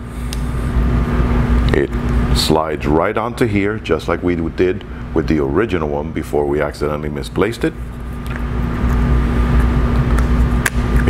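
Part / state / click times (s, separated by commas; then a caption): rubber eyecup onto DSLR viewfinder eyepiece mount / seated / 10.7 s. A rubber Altura Photo replacement eyecup is slid down onto the viewfinder eyepiece mount of a Nikon D5500 DSLR, replacing the original that was misplaced. Someone talks over a steady background hum, then a sharp, loud click is heard at 10.7 s as the eyecup locks into place.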